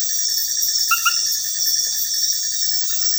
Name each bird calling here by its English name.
none